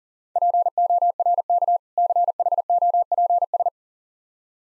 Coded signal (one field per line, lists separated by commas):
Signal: Morse code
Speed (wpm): 37 wpm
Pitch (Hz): 700 Hz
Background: none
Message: PORK CHOPS